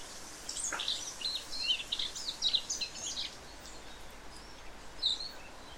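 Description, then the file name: Eurasian blackcap song: a burst of quick, high twittering warble for about three seconds, then a lull and one final short phrase. "Sylvia atricapilla"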